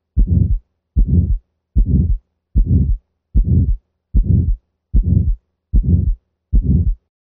It is a harsh or rough-sounding medium to high-pitched murmur, frequently of relatively long duration. Crescendo-decrescendo systolic murmur of subaortic stenosis as created on a heart sound simulator.